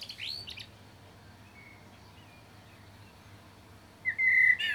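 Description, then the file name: Common blackbird song fragments: a brief burst of squeaky high notes, faint quiet whistles, then a loud sustained whistled note near the end. "Turdus merula"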